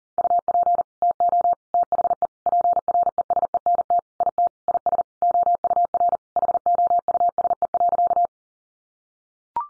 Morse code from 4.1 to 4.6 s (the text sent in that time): IT